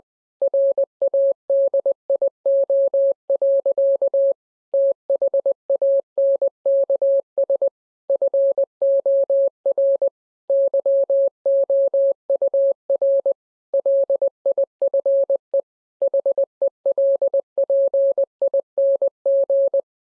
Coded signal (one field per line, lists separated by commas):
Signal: Morse code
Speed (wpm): 20 wpm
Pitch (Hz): 550 Hz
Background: none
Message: RADIO. THANKS FOR YOUR LIFE HELPING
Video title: #HamRadio Live! 251 Tribute To Ameritron Manager Mike Enis + MFJ Out Of Huntsville. Contest’s & More